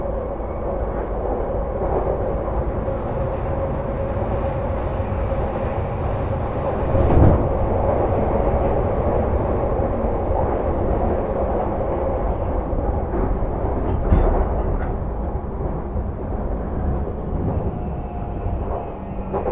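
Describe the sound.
Riding a Tokyo commuter train, a steady low rumble and rattle carries through, with brief louder clunks around seven and fourteen seconds.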